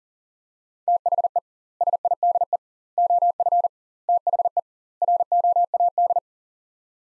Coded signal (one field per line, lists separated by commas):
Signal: Morse code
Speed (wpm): 40 wpm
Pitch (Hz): 700 Hz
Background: none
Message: THE SIDE OF THE ROAD